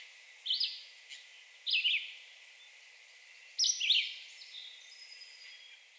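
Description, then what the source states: Red-eyed Vireo song, a few brief slurred whistled phrases with pauses between, fairly soft. Recorded on 2 June 2020.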